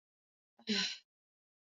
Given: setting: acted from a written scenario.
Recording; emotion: vocal sound without words; contentment